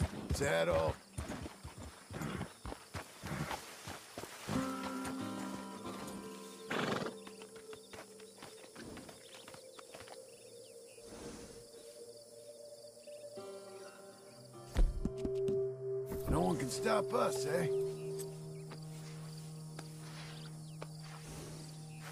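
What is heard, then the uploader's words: Wilderness ambience with scattered clicks and rustles, a steady high insect-like hum, and low sustained tones swelling in the latter half. The ambient sounds of the wilderness, wildlife, and weather.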